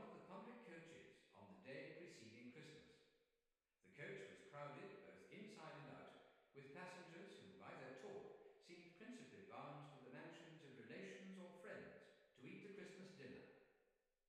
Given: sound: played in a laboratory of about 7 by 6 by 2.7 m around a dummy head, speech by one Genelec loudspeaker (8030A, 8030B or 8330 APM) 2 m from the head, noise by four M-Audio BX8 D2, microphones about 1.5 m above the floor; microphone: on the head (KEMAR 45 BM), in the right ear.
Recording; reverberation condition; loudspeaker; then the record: male speech in English; high; 90 degrees to the left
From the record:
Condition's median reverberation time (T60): about 1300 ms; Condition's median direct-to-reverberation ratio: about -4.0 dB